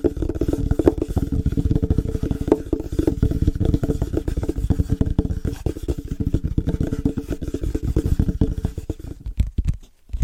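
Fast, dense tapping on different surfaces patters almost continuously with a low, thudding body and light clicks, then cuts off near the end.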